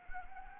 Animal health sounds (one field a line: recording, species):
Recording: mosquito wingbeat signal from an infrared sensor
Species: Anopheles arabiensis